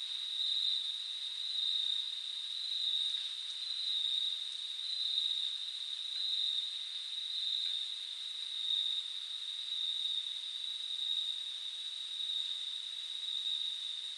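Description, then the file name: Cricket chirping: a steady, high, continuous trill that swells and fades gently every second or so, with no other clear sounds. Crickets at night. "noche grillos"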